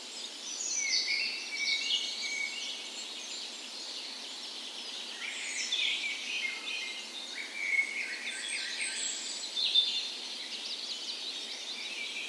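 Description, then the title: Birds in a dawn chorus, steady layered high twittering with occasional louder chirps and short whistled notes over a constant hiss. Dawn chorus in a park west in Bergen, Norway, morning of 17 May, Norway's National Day, full spring; recorded with Sony PCM A10 and LOM Micro Usi microphones used as tree ears. "17th Of May Dawn Chorus"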